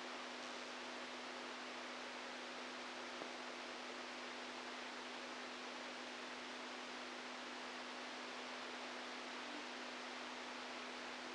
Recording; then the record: brain microelectrode recording played as sound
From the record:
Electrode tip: outside the subthalamic nucleus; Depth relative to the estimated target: 3 mm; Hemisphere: right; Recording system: NeuroSet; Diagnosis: Parkinson's disease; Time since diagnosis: 10 years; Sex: male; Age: 65 years